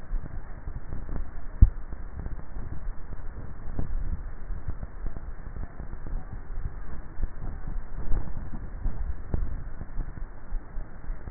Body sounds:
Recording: swallowing sounds by neck microphone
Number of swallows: 2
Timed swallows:
3.75-4.82 s: swallow
8.65-9.58 s: swallow
From the record:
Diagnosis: dysphagia

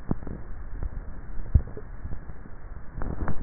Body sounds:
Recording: swallowing sounds by neck microphone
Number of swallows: 1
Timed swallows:
1.45-2.22 s: swallow
From the record:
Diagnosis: dysphagia

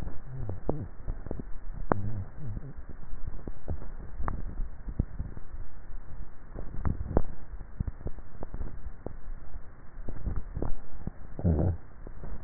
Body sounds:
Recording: swallowing sounds by neck microphone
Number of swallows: 2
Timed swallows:
4.15-4.88 s: swallow
10.22-10.75 s: swallow
From the record:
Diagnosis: dysphagia

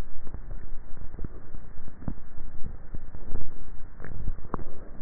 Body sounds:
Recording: swallowing sounds by neck microphone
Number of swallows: 2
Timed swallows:
0.30-1.20 s: swallow
3.50-4.40 s: swallow
From the record:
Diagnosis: dysphagia

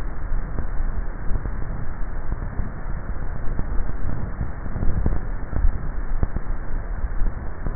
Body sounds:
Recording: swallowing sounds by neck microphone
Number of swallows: 1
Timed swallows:
5.02-5.82 s: swallow
From the record:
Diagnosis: dysphagia

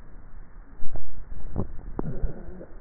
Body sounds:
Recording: swallowing sounds by neck microphone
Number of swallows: 1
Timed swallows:
1.32-2.32 s: swallow
From the record:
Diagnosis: dysphagia

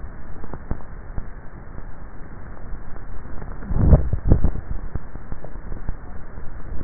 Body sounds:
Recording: swallowing sounds by neck microphone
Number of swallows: 1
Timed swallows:
3.78-4.62 s: swallow
From the record:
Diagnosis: dysphagia

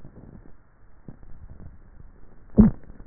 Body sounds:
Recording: swallowing sounds by neck microphone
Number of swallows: 1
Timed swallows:
1.32-2.65 s: swallow
From the record:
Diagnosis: dysphagia

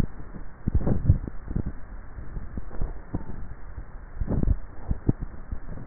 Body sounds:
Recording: swallowing sounds by neck microphone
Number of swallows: 3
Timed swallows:
0.82-1.52 s: swallow
2.18-3.08 s: swallow
4.35-5.02 s: swallow
From the record:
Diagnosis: dysphagia

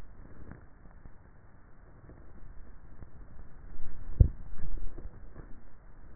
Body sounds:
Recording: swallowing sounds by neck microphone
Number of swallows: 1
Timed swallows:
4.02-4.98 s: swallow
From the record:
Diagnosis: dysphagia

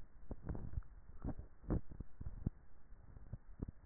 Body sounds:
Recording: swallowing sounds by neck microphone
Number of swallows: 1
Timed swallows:
0.62-1.39 s: swallow
From the record:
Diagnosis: dysphagia

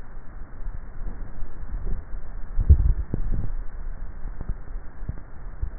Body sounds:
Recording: swallowing sounds by neck microphone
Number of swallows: 1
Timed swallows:
2.65-3.62 s: swallow
From the record:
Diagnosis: dysphagia

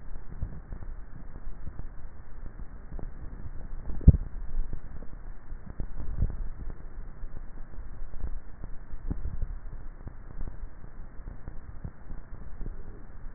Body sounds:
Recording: swallowing sounds by neck microphone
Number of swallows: 2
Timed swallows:
3.98-4.78 s: swallow
6.08-6.75 s: swallow
From the record:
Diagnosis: dysphagia

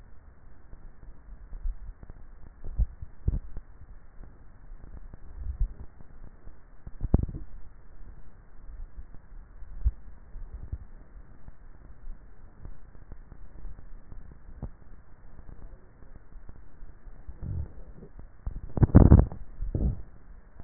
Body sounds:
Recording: swallowing sounds by neck microphone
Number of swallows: 3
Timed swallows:
2.75-3.75 s: swallow
9.82-10.65 s: swallow
19.02-19.95 s: swallow
From the record:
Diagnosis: dysphagia

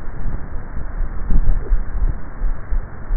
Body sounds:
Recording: swallowing sounds by neck microphone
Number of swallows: 1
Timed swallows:
1.32-2.22 s: swallow
From the record:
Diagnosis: dysphagia

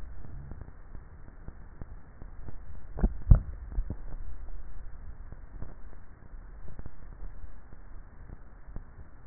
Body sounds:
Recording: swallowing sounds by neck microphone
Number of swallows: 1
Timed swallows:
2.98-3.95 s: swallow
From the record:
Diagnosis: dysphagia

